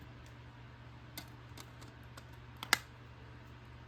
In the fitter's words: Snaps into place, really nice.